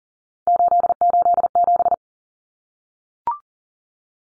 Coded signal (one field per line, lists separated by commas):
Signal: Morse code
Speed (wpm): 40 wpm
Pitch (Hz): 700 Hz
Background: none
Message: 887